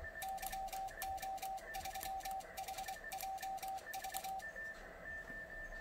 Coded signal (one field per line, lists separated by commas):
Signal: Morse code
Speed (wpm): 24 wpm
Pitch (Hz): 770 Hz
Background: music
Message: YO3HJV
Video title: ADI KEYER for ICOM IC-7300